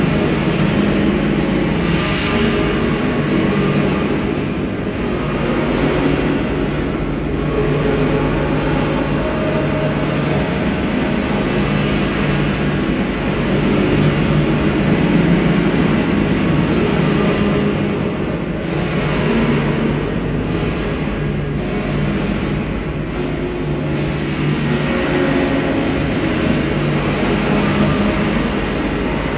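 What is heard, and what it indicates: A steady, unbroken droning rumble with low humming tones and a dense noisy hiss runs unchanged for the whole half minute. It is simulated tinnitus, imitating the constant phantom noise a person with tinnitus hears.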